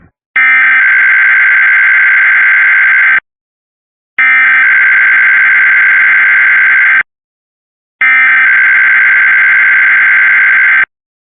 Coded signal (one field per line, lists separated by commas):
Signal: Emergency Alert System (SAME) tones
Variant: header bursts